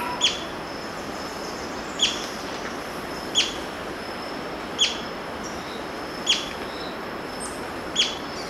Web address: Natures Songs S America Birds of Ecuador Violet-fronted Brilliant